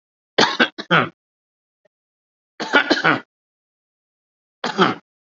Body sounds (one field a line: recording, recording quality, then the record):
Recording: shallow voluntary cough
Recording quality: excellent, no background noise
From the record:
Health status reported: COVID-19 positive, mild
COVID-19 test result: positive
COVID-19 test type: RT-PCR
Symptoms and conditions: cough, breathing difficulty, fatigue, diabetes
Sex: male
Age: 55 years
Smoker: no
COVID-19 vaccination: both doses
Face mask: worn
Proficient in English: yes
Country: India